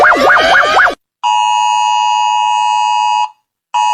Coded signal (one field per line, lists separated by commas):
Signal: Emergency Alert System (SAME) tones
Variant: 853 and 960 Hz attention tone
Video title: EAS alarmas del mundo @jeeveejylveeandthetv